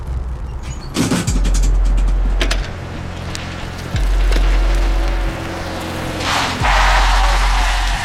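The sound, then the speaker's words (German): A vehicle rumbles low and steady while car doors clunk open and shut several times as two men get out of a matte red car, with sharp clicks and rustling movement in between; no one speaks. “Zwei Männer steigen aus dem mattroten Auto.”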